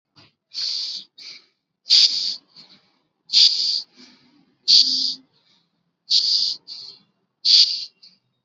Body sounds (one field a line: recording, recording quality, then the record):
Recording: shallow breathing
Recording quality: excellent, no background noise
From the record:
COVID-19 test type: RT-PCR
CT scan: not taken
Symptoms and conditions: none ticked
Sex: male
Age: 22 years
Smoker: no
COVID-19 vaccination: both doses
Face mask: worn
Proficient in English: yes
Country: India